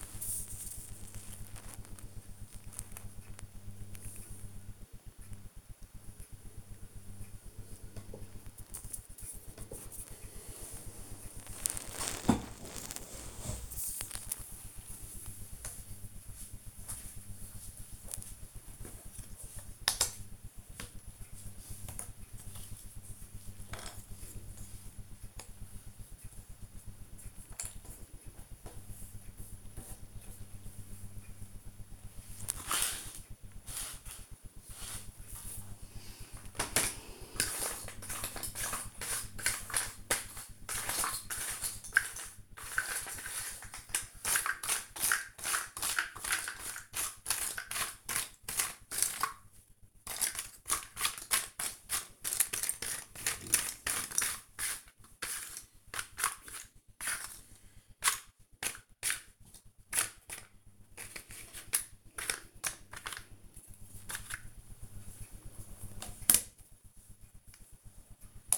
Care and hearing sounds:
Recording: household activities, microphone on the right wrist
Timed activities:
0.00-7.44 s: doing a puzzle
9.45-68.58 s: doing a puzzle

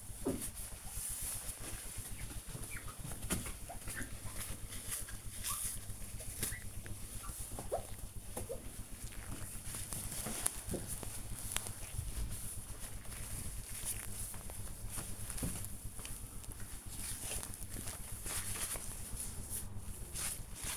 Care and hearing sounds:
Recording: household activities, microphone on the right wrist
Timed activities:
0.00-20.77 s: window cleaning

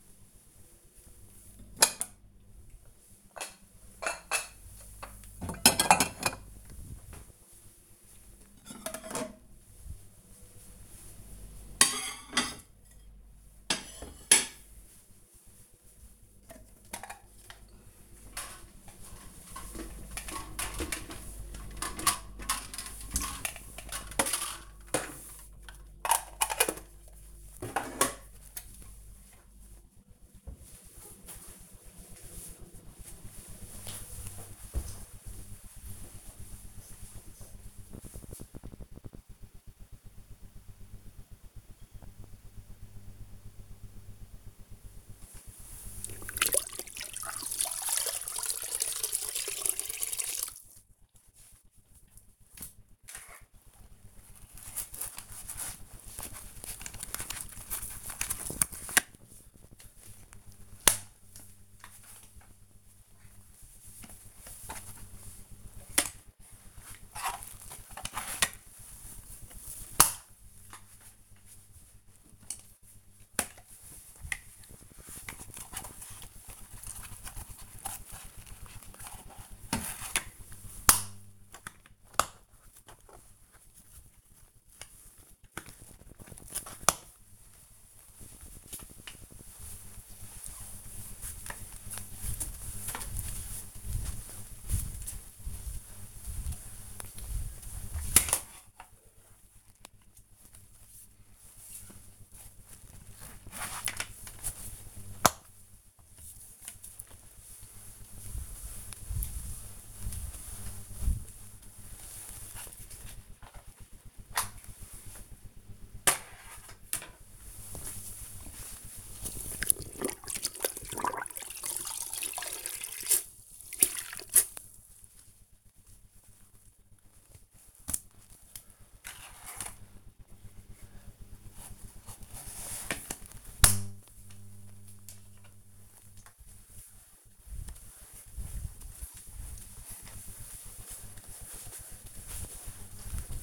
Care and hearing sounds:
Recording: household activities, microphone on the right wrist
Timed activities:
0.00-28.28 s: putting away the dishes
44.41-143.43 s: floor cleaning

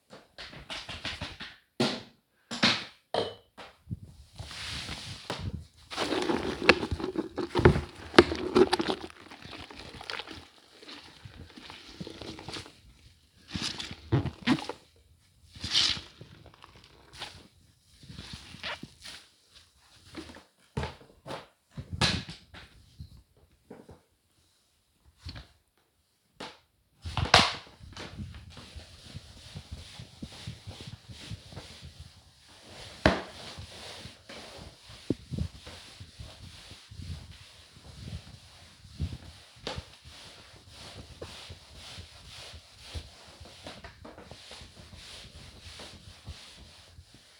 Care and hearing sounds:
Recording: household activities, microphone on the right wrist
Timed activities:
0.00-47.40 s: floor cleaning

